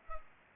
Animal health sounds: mosquito wingbeat signal from an infrared sensor; Culex pipiens

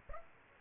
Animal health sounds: mosquito wingbeat signal from an infrared sensor; Aedes aegypti

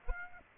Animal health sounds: mosquito wingbeat signal from an infrared sensor; Aedes aegypti

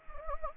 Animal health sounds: mosquito wingbeat signal from an infrared sensor; Anopheles gambiae

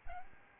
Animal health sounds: mosquito wingbeat signal from an infrared sensor; Aedes albopictus

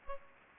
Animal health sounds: mosquito wingbeat signal from an infrared sensor; Aedes aegypti

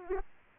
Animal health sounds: mosquito wingbeat signal from an infrared sensor; Aedes aegypti

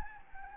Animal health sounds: mosquito wingbeat signal from an infrared sensor; Anopheles gambiae

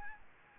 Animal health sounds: mosquito wingbeat signal from an infrared sensor; Aedes albopictus

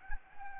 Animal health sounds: mosquito wingbeat signal from an infrared sensor; Anopheles gambiae

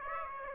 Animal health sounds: mosquito wingbeat signal from an infrared sensor; Aedes aegypti

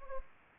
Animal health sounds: mosquito wingbeat signal from an infrared sensor; Anopheles gambiae

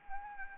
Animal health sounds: mosquito wingbeat signal from an infrared sensor; Anopheles arabiensis

